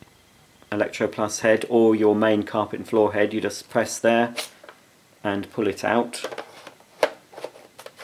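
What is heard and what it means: Someone talks while handling the powered carpet and floor head of a Miele S5 Revolution 5000 cylinder vacuum cleaner, which has a switch-operated release, and pushes it back onto the vacuum's metal extension tube. After the talking, a few short plastic knocks and taps are heard from about 6.7 to 7.9 s. Nothing has seated or clicked yet.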